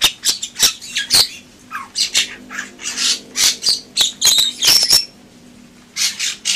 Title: Jalak Bali